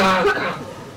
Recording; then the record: coughing mixed with background sound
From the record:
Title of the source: Barking cough - # 10